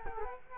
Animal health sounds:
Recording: mosquito wingbeat signal from an infrared sensor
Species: Culex quinquefasciatus

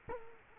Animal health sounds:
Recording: mosquito wingbeat signal from an infrared sensor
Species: Culex quinquefasciatus

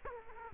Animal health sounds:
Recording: mosquito wingbeat signal from an infrared sensor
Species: Culex quinquefasciatus

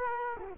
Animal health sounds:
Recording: mosquito wingbeat signal from an infrared sensor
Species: Culex quinquefasciatus

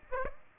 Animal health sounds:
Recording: mosquito wingbeat signal from an infrared sensor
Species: Aedes aegypti

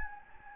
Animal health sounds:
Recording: mosquito wingbeat signal from an infrared sensor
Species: Anopheles gambiae

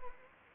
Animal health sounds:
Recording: mosquito wingbeat signal from an infrared sensor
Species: Anopheles gambiae

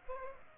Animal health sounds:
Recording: mosquito wingbeat signal from an infrared sensor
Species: Aedes aegypti

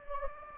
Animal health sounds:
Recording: mosquito wingbeat signal from an infrared sensor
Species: Anopheles gambiae

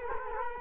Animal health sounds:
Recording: mosquito wingbeat signal from an infrared sensor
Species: Culex quinquefasciatus

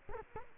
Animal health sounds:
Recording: mosquito wingbeat signal from an infrared sensor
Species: Culex quinquefasciatus

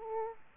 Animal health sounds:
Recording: mosquito wingbeat signal from an infrared sensor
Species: Aedes aegypti

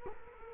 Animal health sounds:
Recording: mosquito wingbeat signal from an infrared sensor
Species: Culex quinquefasciatus

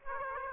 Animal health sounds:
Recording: mosquito wingbeat signal from an infrared sensor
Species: Aedes aegypti

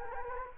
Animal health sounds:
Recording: mosquito wingbeat signal from an infrared sensor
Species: Anopheles gambiae

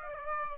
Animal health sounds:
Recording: mosquito wingbeat signal from an infrared sensor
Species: Aedes aegypti

